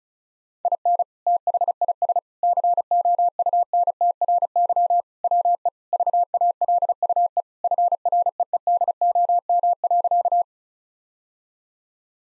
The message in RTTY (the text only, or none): none